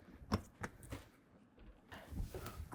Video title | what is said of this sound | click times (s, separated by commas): How to Install RealTruck BakFlip MX4 (Gen3) Hard Folding Tonneau Cover on a 2024 GMC Sierra | And you'll hear those slam latches latch into place. | 0.3 s, 0.6 s